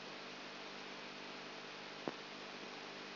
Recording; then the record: brain microelectrode recording played as sound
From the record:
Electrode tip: outside the subthalamic nucleus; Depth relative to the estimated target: -4 mm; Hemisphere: left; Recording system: AlphaMap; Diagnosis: Parkinson's disease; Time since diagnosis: 12 years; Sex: female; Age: 59 years